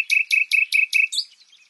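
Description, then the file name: Common nightingale singing five loud chirped notes about every fifth of a second, then a softer trailing twitter. "Luscinia megarhynchos"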